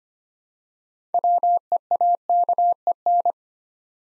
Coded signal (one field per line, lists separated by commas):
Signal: Morse code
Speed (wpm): 25 wpm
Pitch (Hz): 700 Hz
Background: none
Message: WEAKEN